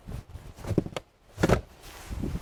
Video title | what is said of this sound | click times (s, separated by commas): 2022 Mercedes Benz E450 All Terrain Wagon - Complete Review - with Casey Williams | so they click they just click in place | 0.8 s, 1.0 s, 1.4 s